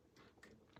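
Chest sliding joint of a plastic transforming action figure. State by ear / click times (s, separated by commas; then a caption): not seated / none. The chest sliding joint of a plastic Fans Toys FT-61 Inquisitor (Scourge) transforming action figure is handled as it is collapsed so the chest will lock into place. Only quiet plastic handling is heard, with small sharp ticks near 0.4 s and 0.8 s. Nothing has seated or clicked yet.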